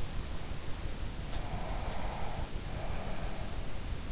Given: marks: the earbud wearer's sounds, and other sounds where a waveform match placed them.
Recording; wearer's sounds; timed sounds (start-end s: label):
sounds in sleep by an in-ear microphone; breath
1.08-4.02 s: breath